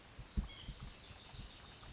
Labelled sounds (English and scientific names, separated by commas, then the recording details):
White-breasted Nuthatch (Sitta carolinensis)
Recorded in Sonoma County, California